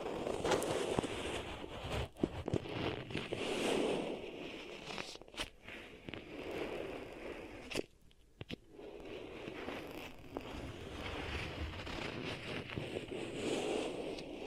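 Beeswax ear triggers: dense, crinkly squishing and rubbing that swells and fades in waves, with a few sharp clicks and brief pauses near five and eight seconds.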